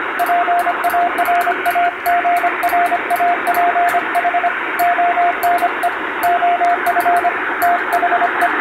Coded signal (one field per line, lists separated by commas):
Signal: Morse code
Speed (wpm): 25 wpm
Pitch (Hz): 700 Hz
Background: radio noise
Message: PARAGRAPH ONE OF THE